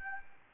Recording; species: mosquito wingbeat signal from an infrared sensor; Anopheles gambiae